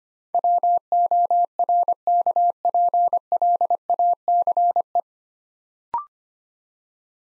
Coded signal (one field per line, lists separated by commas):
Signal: Morse code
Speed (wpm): 25 wpm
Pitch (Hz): 700 Hz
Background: none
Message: WORKPLACE